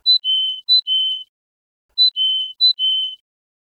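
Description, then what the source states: Domestic canary song tour: a short high note dropping into a longer steady whistle, this pair given twice, then the whole phrase repeated after a pause. Song tour 'Kulikovaya sinitsa' (sandpiper tit), a resting tour following the bunting (ovsyanka) tour in classic canary song, linked with the single sandpiper tour.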